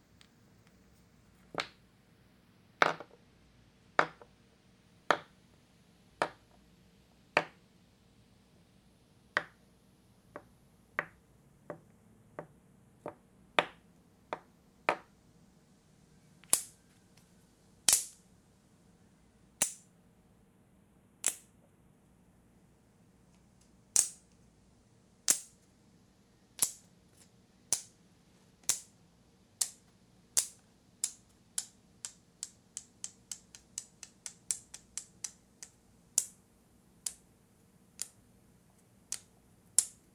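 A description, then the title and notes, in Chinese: Sharp, bright clicks from a fallen tile tapped repeatedly, irregular at first, then speeding into a quick rattling run near thirty-three seconds. 錄製從前眷村裡頭物件的聲音。第一集的主角是一片磁磚。以一片掉落的磁磚，製造出的一連串聲音。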